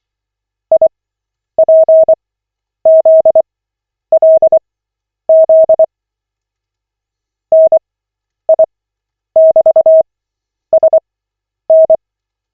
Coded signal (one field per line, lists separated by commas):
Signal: Morse code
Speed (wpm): 24 wpm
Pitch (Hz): 640 Hz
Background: none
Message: IPZLZ NI<BT>SN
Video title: Koch 18/40, 10.02.2025, CW practice session